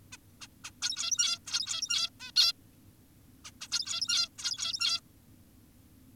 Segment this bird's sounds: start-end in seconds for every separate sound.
0.12-0.17, 0.41-0.48, 0.64-0.71, 0.82-1.39, 1.47-2.10, 2.20-2.32, 2.36-2.53, 3.45-3.51, 3.61-3.68, 3.72-4.29, 4.38-5.00